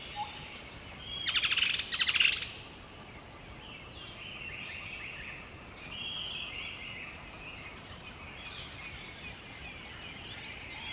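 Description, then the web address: Bird song: a short burst of harsh rapid chirps around the second second, followed by faint high twittering phrases over a steady soft background hiss. Single bird by a river at dawn in jungle rainforest. "river dawn single bird. dschungel regenwald"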